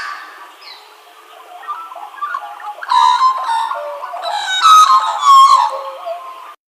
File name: australian Magpie